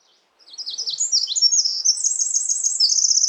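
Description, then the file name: Eurasian wren song building from quiet to loud: a racing stream of very high, sharp notes and trills that runs to the end. "Troglodytes troglodytes"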